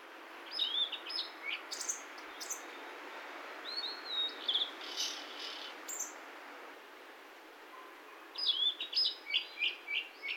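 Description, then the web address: Bird giving repeated high chirps and short whistled notes in scattered bursts, with a quieter stretch in the middle and steady background hiss. "yacho koe"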